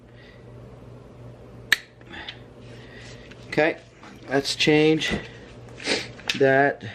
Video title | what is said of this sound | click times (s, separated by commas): 6 Steps to Install Pistons into Cylinder - #Eclipse2GBuild | you hear the click you stop okay | 1.7 s